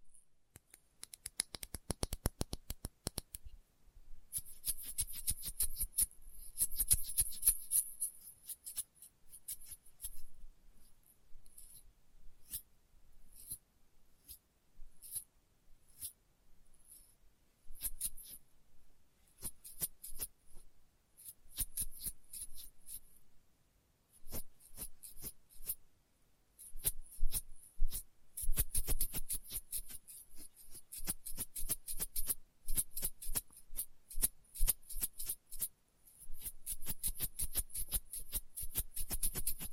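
Experimental triggers in test tubes: a dense run of crisp, rapid clicks and scratchy taps with a sharp, bright top. The activity comes in bursts, busiest around 5–8 and 28–36 seconds, with brief lulls near 4 and 26 seconds.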